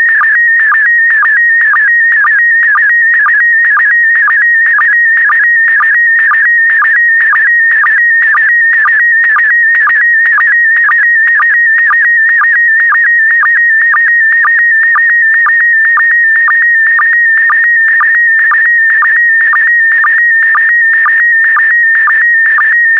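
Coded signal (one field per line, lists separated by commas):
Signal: SSTV (slow-scan television)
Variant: PD120 mode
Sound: warbling high tone with quick regular low blips about twice a second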